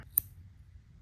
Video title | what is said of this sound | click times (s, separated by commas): Fixing Broken Coil Pack Connectors on Audi TT (Common VW Issue) | So I will shut up and do it again so y'all can hear that audible little click. | 0.2 s